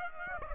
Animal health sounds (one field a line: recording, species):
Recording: mosquito wingbeat signal from an infrared sensor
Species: Aedes aegypti